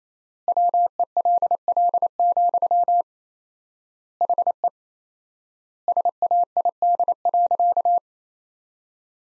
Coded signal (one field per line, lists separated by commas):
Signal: Morse code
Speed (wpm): 28 wpm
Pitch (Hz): 700 Hz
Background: none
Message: WELL, HE SAID.